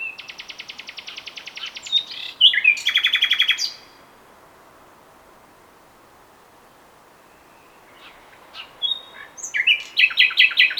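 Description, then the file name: Common nightingale song: a steady run of rapid repeated notes, a loud rattling burst, several seconds of quiet, then varied chirps and another quick repeated series. "Luscinia megarhynchos"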